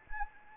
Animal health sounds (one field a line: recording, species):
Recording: mosquito wingbeat signal from an infrared sensor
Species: Anopheles arabiensis